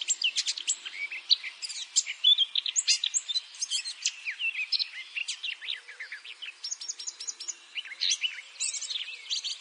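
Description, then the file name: Eurasian blackcap: busy warbling song of short, sharp notes packed closely together, with brief clear whistles mixed in and no pause. "Sylvia atricapilla"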